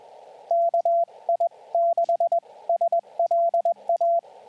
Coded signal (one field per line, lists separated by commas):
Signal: Morse code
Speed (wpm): 21 wpm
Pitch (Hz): 680 Hz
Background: radio noise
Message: KI6SLA